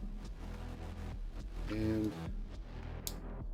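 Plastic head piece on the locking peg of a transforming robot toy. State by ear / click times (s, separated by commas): seated / 3.1 s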